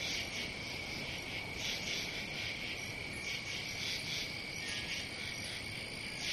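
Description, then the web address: Cricket call, a sustained high ringing trill that never pauses, over steady background noise. "сверчки"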